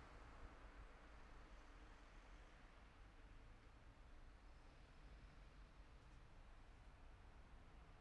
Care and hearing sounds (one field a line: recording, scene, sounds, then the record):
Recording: everyday scene through a hearing-aid microphone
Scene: in traffic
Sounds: traffic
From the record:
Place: city secondary road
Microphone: behind the ear, left, rear